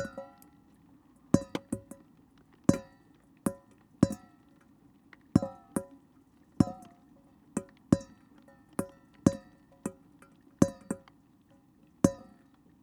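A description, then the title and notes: Water drips steadily into a metal dish, each drop a sharp, ringing ping with a short metallic tail. The drops land about once a second, slightly irregular, with occasional quick doubles. A low, soft rumble sits constantly underneath. Drip into a metal dish. Al bought this lovely metal dish from work; i left it outside under a dripping drainpipe.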